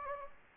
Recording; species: mosquito wingbeat signal from an infrared sensor; Anopheles gambiae